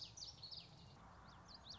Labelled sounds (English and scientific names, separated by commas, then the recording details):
Common Yellowthroat (Geothlypis trichas)
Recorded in Sonoma County, California